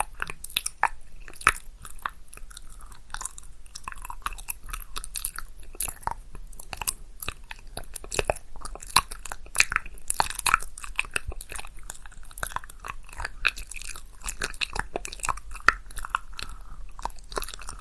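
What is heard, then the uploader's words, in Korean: Dense mouth sounds on a lapel mic: rapid wet clicks, smacks and crunchy chewing-like crackles fill the whole stretch. 입소리폭탄 핀마이크 괴롭히기.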